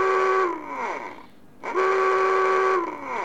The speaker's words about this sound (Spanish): Sonidos casi todos muy cortos. ¿Lo pongo otra vez? Ponlo otra vez, sí. Alarma corta. Alarma marina aérea.